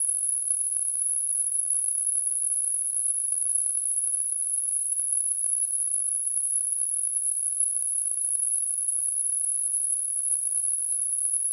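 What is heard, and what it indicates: A simulated tinnitus sound: a steady, continuous high-pitched tone near 10 kHz over a faint high-frequency hiss, unchanging throughout.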